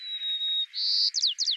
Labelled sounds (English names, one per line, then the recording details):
White-crowned Sparrow song
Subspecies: nuttalli
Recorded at Lake Merced, California, in 2014
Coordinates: 37.716, -122.494
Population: north
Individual LM_SRBK_14